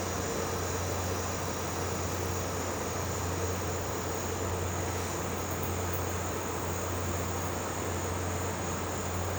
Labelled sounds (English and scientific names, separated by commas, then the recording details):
none
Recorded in pastures near Puerto Asís, Putumayo, Colombia, on 12 March 2025 at 14:00
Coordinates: 0.466, -76.322
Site CSA-02